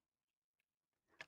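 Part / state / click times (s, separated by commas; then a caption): circuit board in a test-jig header connector / released / 1.2 s. A circuit board seated in a worn, used pin-header connector on a test jig is given a slight tug. Its corners come free with a small tick at 1.2 s. The connector has lost all of its grip, unlike a new one that clicks in tightly.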